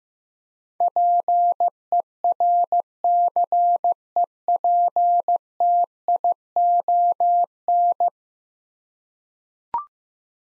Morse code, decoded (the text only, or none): PERCEPTION